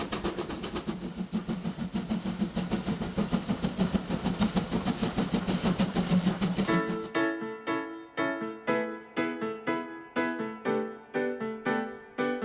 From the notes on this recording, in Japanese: 真岡鐵道を走るC12 66牽引の「SLもおか」